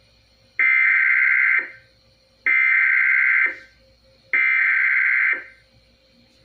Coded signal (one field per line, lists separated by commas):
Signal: Emergency Alert System (SAME) tones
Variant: header bursts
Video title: EAS: Flash Flood Watch (7/8/20)(EAS #411)